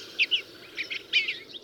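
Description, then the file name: Bluebird song: short soft warbled notes in quick pairs and clusters. Recorded in June 2007. "Nature A 2007-06 Bluebird"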